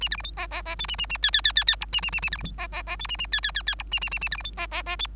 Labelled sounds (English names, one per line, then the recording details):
Bengalese Finch song
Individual Bird3